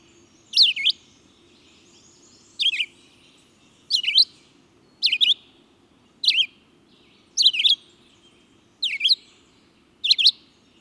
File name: Redeyed Vireo